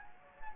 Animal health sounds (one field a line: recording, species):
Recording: mosquito wingbeat signal from an infrared sensor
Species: Anopheles gambiae